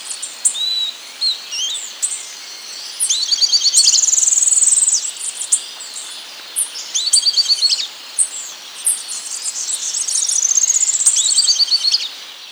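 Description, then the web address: Bird calls: high rapid trills and buzzy chattering phrases, some rising and falling, repeated in bursts throughout, over faint background hiss. "BIRD SABIOD bird"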